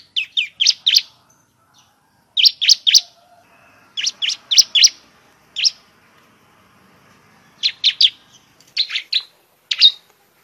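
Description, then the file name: Bar-winged prinia song: bursts of three to five sharp, high chirps in quick succession, separated by short pauses. "suara burung ciblek semi"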